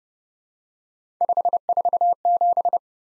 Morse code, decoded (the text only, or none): 547